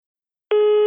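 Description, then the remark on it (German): A steady electronic telephone line tone, played before a voicemail message, starts abruptly after a moment of silence, holding one clear mid-pitched note with harmonics at even loudness, then cuts off. “Jetzt hörst du die dritte Nachricht am Telefon.”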